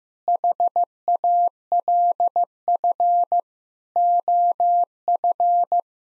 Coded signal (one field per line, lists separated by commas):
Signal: Morse code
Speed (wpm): 15 wpm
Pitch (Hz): 700 Hz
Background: none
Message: HALF OF